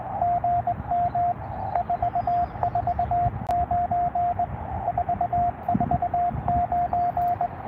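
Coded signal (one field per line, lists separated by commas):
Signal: Morse code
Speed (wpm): 20 wpm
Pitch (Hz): 700 Hz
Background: radio noise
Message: GM 449 449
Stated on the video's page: Morse from a park activation completed in under 45 minutes.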